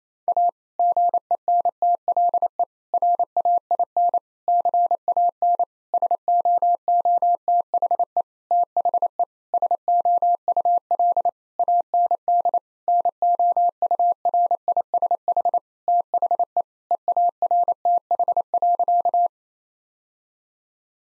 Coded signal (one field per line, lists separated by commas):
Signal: Morse code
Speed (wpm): 28 wpm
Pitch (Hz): 700 Hz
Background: none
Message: A GENTLE RAIN CAN SOOTHE THE SOUL AND NOURISH THE EARTH.